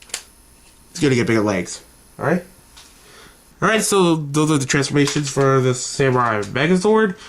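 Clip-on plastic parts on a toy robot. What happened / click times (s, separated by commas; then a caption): Plastic parts snapped off / 0.0 s, 0.1 s. Clip-on plastic parts are removed from a toy robot to make way for bigger legs, giving two short snaps at 0.0 and 0.1 seconds as the parts come off. After a brief pause, someone talks through the rest of the clip.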